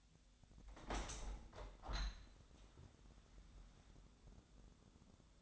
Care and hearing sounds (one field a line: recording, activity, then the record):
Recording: daily activity, microphone in the room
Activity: open window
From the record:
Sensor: 3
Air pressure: 1006.5 hPa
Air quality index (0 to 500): 202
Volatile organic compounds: 17 ppm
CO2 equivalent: 2581 ppm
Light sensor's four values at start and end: 10/23/10/9 and 10/24/10/10